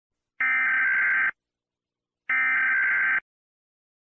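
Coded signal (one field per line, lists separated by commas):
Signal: Emergency Alert System (SAME) tones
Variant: header bursts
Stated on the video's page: Fictional EAS scenario.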